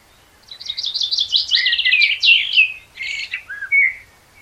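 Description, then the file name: Common blackbird song phrase made mostly of dense, scratchy high twittering, followed by a few short, clearer whistled notes at a lower pitch. "Turdus merula"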